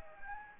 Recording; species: mosquito wingbeat signal from an infrared sensor; Anopheles gambiae